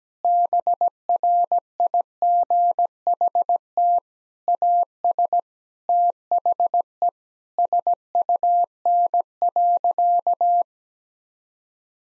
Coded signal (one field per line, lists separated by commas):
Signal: Morse code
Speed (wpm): 17 wpm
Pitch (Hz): 700 Hz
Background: none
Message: BRIGHT AS THE SUN.